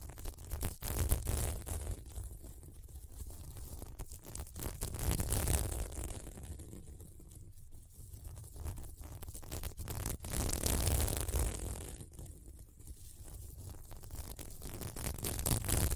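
Scratching on a sequin mermaid pillow, a rough, rustling scrape that comes in waves, swelling around the start, near 5–6 seconds, and again near 10–11 seconds. Between the swells the sound thins to quieter scratches with small clicks, while a low rumble persists underneath.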